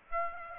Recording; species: mosquito wingbeat signal from an infrared sensor; Aedes aegypti